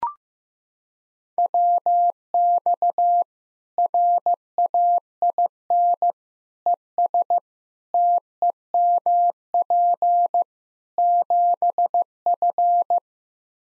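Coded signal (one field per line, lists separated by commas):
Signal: Morse code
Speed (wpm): 15 wpm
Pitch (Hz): 700 Hz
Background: none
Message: WX RAIN ES TEMP 7F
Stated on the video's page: Practice QSO drill at 15 wpm, information segment (rig, antenna, weather), each segment sent in Morse, then repeated in Morse.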